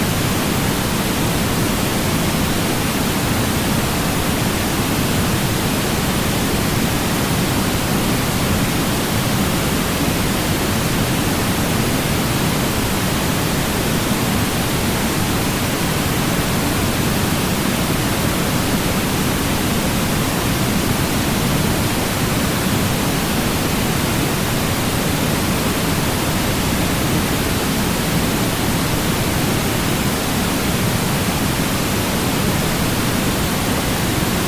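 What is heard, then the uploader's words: Pink noise runs steadily for the whole half minute, a dense, even hiss with no breaks or events. Its weight sits lower and fuller than a thin white hiss, giving a soft rushing sound like falling water, and the level never changes. PINK NOISE.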